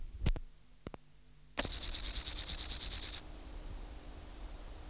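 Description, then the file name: Bornholm grasshopper stridulating: a loud, dry, rapidly pulsed hiss lasting about a second and a half, preceded by a few sharp clicks. "Chorthippus bornhalmi"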